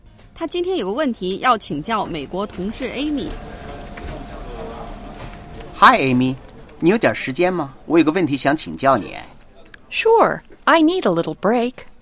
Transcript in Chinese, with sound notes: 他有个问题要请教美国同事 Amy。 (Office ambience) Hi Amy. 你有一点儿时间吗？我有个问题想问你。
Sure, I need a little break.